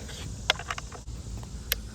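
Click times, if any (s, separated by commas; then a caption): 1.7 s. A kingpin nut on a skateboard truck kingpin is turned back two detent positions, its spring-and-ball detent working against the slotted kingpin. Several sharp transients sound around 0.5, 0.7 and 0.8 seconds over a steady low background. A crisp metallic click at 1.7 seconds marks the detent seating in its first position.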